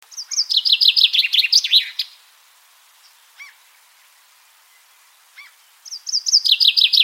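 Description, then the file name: Common chaffinch singing: a rapid descending trill of sharp notes ending in a flourish, then two soft call notes and the start of a second song. "Fringilla coelebs"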